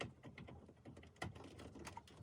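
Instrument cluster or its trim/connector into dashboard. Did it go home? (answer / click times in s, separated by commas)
no / none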